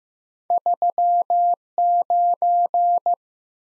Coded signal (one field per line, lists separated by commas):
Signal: Morse code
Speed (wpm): 15 wpm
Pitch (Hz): 700 Hz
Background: none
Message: 39